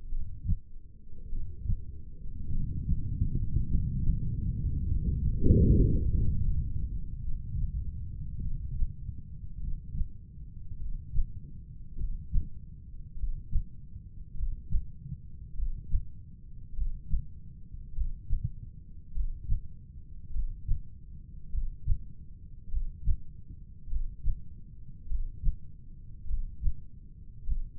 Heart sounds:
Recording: heart sounds by stethoscope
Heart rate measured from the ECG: 50 bpm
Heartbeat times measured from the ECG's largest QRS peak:
0.11 s: heartbeat
1.31 s: heartbeat
2.51 s: heartbeat
3.69 s: heartbeat
4.86 s: heartbeat
6.04 s: heartbeat
7.24 s: heartbeat
8.43 s: heartbeat
9.62 s: heartbeat
10.82 s: heartbeat
12.01 s: heartbeat
13.20 s: heartbeat
14.39 s: heartbeat
15.58 s: heartbeat
16.77 s: heartbeat
17.96 s: heartbeat
19.15 s: heartbeat
20.34 s: heartbeat
21.53 s: heartbeat
22.72 s: heartbeat
23.91 s: heartbeat
25.10 s: heartbeat
26.29 s: heartbeat
27.47 s: heartbeat
From the record:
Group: heart failure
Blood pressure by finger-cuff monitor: 111/62 mmHg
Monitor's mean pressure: 78 mmHg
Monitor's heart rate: 50 bpm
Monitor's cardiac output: 4.3 L/min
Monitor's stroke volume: 85 mL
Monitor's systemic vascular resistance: 1330 dyn s/cm5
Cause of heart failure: cardiac sarcoid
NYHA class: 1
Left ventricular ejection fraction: 39%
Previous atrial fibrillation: present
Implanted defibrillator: present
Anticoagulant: apixaban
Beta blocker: carvedilol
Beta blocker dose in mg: 50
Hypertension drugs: ramipril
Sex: male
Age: 79 years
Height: 184 cm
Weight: 92.5 kg

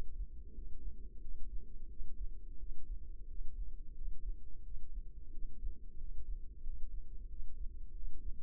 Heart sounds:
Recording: heart sounds by microphone in the left ear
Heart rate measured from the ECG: 89 bpm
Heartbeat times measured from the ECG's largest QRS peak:
0.51 s: heartbeat
1.18 s: heartbeat
1.87 s: heartbeat
2.56 s: heartbeat
3.25 s: heartbeat
3.92 s: heartbeat
4.61 s: heartbeat
5.29 s: heartbeat
5.95 s: heartbeat
6.60 s: heartbeat
7.26 s: heartbeat
7.91 s: heartbeat
From the record:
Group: healthy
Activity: rest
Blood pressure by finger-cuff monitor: 70/49 mmHg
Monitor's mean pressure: 56 mmHg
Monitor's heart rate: 88 bpm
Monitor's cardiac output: 6.8 L/min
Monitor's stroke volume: 77 mL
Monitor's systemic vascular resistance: 580 dyn s/cm5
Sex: female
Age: 19 years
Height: 163 cm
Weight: 48.9 kg

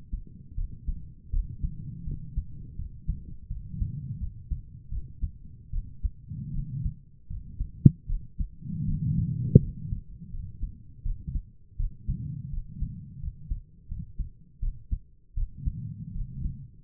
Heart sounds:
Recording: heart sounds by stethoscope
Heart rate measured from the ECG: 81 bpm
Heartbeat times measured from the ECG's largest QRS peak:
0.56 s: heartbeat
1.32 s: heartbeat
2.05 s: heartbeat
2.77 s: heartbeat
3.49 s: heartbeat
4.19 s: heartbeat
4.90 s: heartbeat
5.72 s: heartbeat
6.53 s: heartbeat
7.29 s: heartbeat
8.08 s: heartbeat
8.86 s: heartbeat
9.61 s: heartbeat
10.32 s: heartbeat
11.04 s: heartbeat
11.78 s: heartbeat
12.51 s: heartbeat
13.21 s: heartbeat
13.89 s: heartbeat
14.61 s: heartbeat
15.35 s: heartbeat
16.14 s: heartbeat
From the record:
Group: healthy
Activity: rest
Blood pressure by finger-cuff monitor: 98/64 mmHg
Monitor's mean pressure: 73 mmHg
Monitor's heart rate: 81 bpm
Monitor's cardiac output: 6.3 L/min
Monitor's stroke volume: 76 mL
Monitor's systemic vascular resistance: 820 dyn s/cm5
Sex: female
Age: 22 years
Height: 163 cm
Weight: 67.1 kg

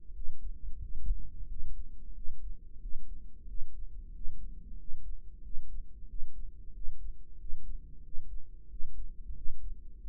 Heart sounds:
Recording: heart sounds by microphone in the right ear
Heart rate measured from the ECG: 91 bpm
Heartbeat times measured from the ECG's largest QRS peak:
0.15 s: heartbeat
0.81 s: heartbeat
1.49 s: heartbeat
2.15 s: heartbeat
2.81 s: heartbeat
3.48 s: heartbeat
4.14 s: heartbeat
4.79 s: heartbeat
5.44 s: heartbeat
6.09 s: heartbeat
6.74 s: heartbeat
7.39 s: heartbeat
8.04 s: heartbeat
8.70 s: heartbeat
9.36 s: heartbeat
10.02 s: heartbeat
From the record:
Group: healthy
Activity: rest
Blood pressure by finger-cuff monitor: 139/87 mmHg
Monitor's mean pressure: 104 mmHg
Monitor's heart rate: 91 bpm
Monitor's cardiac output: 7.3 L/min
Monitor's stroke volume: 80 mL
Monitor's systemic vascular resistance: 1060 dyn s/cm5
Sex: male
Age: 21 years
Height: 175 cm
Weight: 72.6 kg

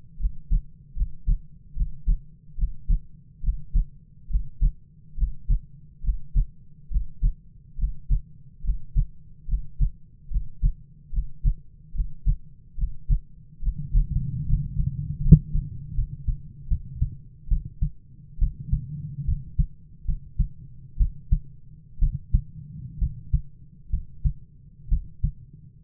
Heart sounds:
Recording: heart sounds by stethoscope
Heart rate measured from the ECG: 70 bpm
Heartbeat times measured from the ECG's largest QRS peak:
0.18 s: heartbeat
0.94 s: heartbeat
1.74 s: heartbeat
2.56 s: heartbeat
3.41 s: heartbeat
4.28 s: heartbeat
5.16 s: heartbeat
6.02 s: heartbeat
6.89 s: heartbeat
7.76 s: heartbeat
8.62 s: heartbeat
9.46 s: heartbeat
10.29 s: heartbeat
11.11 s: heartbeat
11.93 s: heartbeat
12.76 s: heartbeat
13.60 s: heartbeat
14.44 s: heartbeat
15.20 s: heartbeat
15.93 s: heartbeat
16.67 s: heartbeat
17.48 s: heartbeat
18.38 s: heartbeat
19.24 s: heartbeat
20.04 s: heartbeat
20.97 s: heartbeat
21.99 s: heartbeat
22.98 s: heartbeat
23.89 s: heartbeat
24.88 s: heartbeat
From the record:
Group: healthy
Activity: Valsalva maneuver 0-15 s, rest 15-26 s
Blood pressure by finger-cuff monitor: 98/54 mmHg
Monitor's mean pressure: 62 mmHg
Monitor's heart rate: 70 bpm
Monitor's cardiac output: 7.5 L/min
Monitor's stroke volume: 102 mL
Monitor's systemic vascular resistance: 580 dyn s/cm5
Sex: male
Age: 22 years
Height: 185 cm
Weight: 112.4 kg

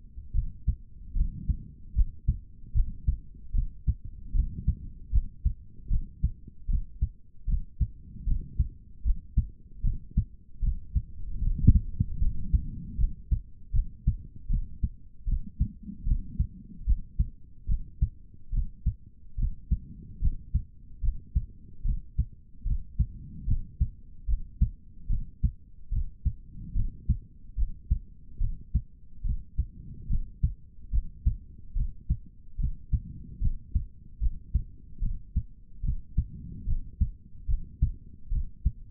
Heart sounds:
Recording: heart sounds by stethoscope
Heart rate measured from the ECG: 74 bpm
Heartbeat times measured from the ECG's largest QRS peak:
0.33 s: heartbeat
1.14 s: heartbeat
1.94 s: heartbeat
2.73 s: heartbeat
3.52 s: heartbeat
4.33 s: heartbeat
5.11 s: heartbeat
5.88 s: heartbeat
6.67 s: heartbeat
7.46 s: heartbeat
8.25 s: heartbeat
9.03 s: heartbeat
9.82 s: heartbeat
10.61 s: heartbeat
11.40 s: heartbeat
12.20 s: heartbeat
12.97 s: heartbeat
13.72 s: heartbeat
14.48 s: heartbeat
15.25 s: heartbeat
16.05 s: heartbeat
16.85 s: heartbeat
17.67 s: heartbeat
18.51 s: heartbeat
19.36 s: heartbeat
20.20 s: heartbeat
21.01 s: heartbeat
21.83 s: heartbeat
22.64 s: heartbeat
23.46 s: heartbeat
24.26 s: heartbeat
25.08 s: heartbeat
25.90 s: heartbeat
26.74 s: heartbeat
27.56 s: heartbeat
28.39 s: heartbeat
29.23 s: heartbeat
30.08 s: heartbeat
30.91 s: heartbeat
31.74 s: heartbeat
32.57 s: heartbeat
33.40 s: heartbeat
34.19 s: heartbeat
35.00 s: heartbeat
35.82 s: heartbeat
36.65 s: heartbeat
37.47 s: heartbeat
38.30 s: heartbeat
From the record:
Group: healthy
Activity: rest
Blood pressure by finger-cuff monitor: 132/83 mmHg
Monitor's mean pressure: 102 mmHg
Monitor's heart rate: 74 bpm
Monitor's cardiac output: 4.1 L/min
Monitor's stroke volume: 55 mL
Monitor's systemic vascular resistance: 1810 dyn s/cm5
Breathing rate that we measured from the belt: 18 breaths a minute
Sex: male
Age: 55 years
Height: 167 cm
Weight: 57.2 kg

